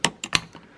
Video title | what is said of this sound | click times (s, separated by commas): Lắp công tắc tự dông cảm biên PIR | it snaps right in just like that | 0.1 s, 0.4 s